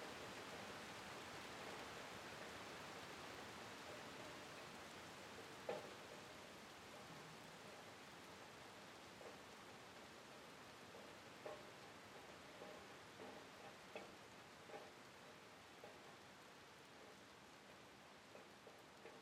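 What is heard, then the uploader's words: Rain falls in a steady, dense hiss that stays even from start to finish. Individual drops tap out now and then, with a sharper hit near six seconds and scattered ones later. Faint sustained tones hover softly beneath the rain. The rhythmic pitter-patter of rain meets ethereal music. Raindrops and ambient melodies.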